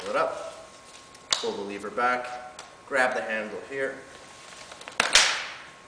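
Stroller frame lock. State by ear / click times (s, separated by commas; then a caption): seated / 5.0 s. A Baby Jogger City Select stroller frame is moved by its handle after the lever is pulled back, while someone talks. The plastic lock snaps into place with a sharp click at 5.0 s, followed by a brief louder rattle just after.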